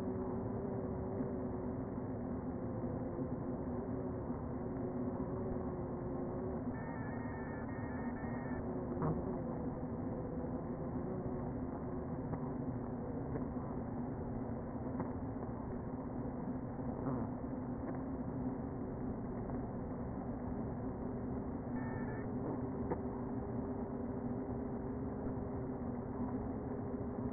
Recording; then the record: honeybee colony, microphone inside the hive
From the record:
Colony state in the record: queen present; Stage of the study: before two queens were removed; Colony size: about 60,000 bees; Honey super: yes